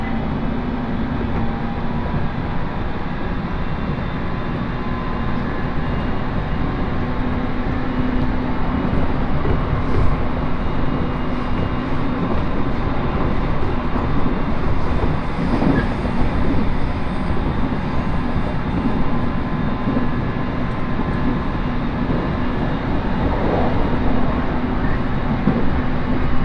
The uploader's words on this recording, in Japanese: 耳で楽しむ鉄道旅 羽越本線 羽後本荘→秋田。今度は桂根駅を通過する列車なので１つ停車駅が少なくなります。羽後本荘で沢山乗車しているので車内が混雑しています。